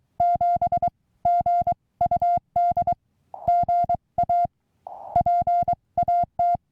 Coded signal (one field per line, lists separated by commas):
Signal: Morse code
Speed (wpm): 23 wpm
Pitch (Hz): 700 Hz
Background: music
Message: 7 G UD GA P AT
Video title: Testing the QCX Mini For SOTA